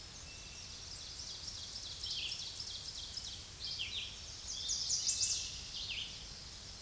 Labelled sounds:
Red-eyed Vireo song
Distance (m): 30 m
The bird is about 20 m above the microphone
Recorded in a Pennsylvania forest on 16 May 2024 at 07:48
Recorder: AudioMoth, point MSD-2083
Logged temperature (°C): 16.7 °C
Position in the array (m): 147 m, 38 m

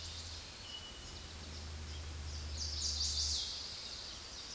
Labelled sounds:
Chestnut-sided Warbler song
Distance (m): 25 m
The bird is about 5 m above the microphone
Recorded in a Pennsylvania forest on 16 May 2024 at 08:08
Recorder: AudioMoth, point MSD-1534
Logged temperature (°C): 15.6 °C
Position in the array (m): 15 m, 24 m

